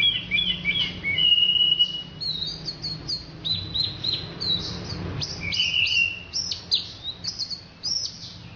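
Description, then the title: Orange-headed thrush song: a continuous varied stream of high whistled notes, sweeps and quick chirps, some phrases drawn out and level, others clipped and rapid. "Anis Merah"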